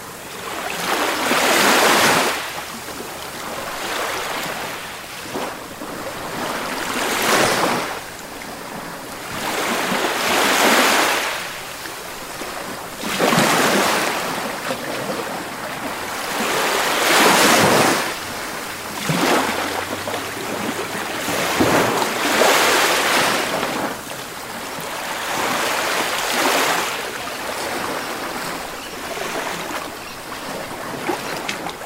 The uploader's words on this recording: Relaxing Ocean Waves at the Foot of a Cliff. Ocean waves crashing against the base of a towering cliff.